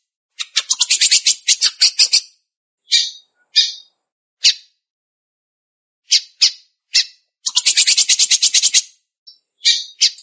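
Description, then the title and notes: Belgian canary song: fast buzzy trills of rapid high notes, broken by short single chirps and pauses, then another long rattling trill. "Canario Belga, nyonyastudio"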